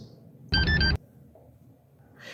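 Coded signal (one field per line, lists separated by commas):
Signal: beep code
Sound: a quick three-note electronic chirp, low-high-low, about half a second long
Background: quiet room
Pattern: 3 short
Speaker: you'll just wait up to 8 seconds and listen for 3 beeps coming from the Easy Installer, which sounds like this.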